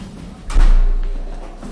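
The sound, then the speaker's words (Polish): A heavy mechanical thud as the two heads of a paper-counting machine, used to count paper before and after printing, lower onto a stack of paper, followed by a low rumbling hum that slowly fades as 500 sheets are counted, with faint whirring in the background and no talking. “Właśnie słyszymy, jak dwie głowice opuściły się i ten okres, który słyszeliśmy, to jest przeliczone 500 arkuszy.”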